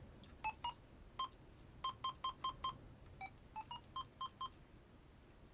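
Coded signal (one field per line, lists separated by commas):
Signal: none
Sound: walkie talkie beeps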